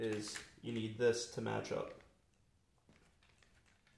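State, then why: Not seated. A plastic game piece for a toy board game is being handled and lined up with its slots in the board while someone talks. After the talking stops, only faint light handling taps and rustles are heard. The piece has not clicked into place yet by the end of the clip.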